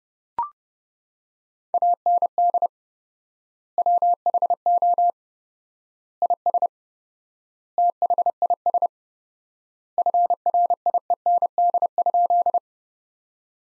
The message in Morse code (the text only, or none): AND WHO IS THIS FRIEND?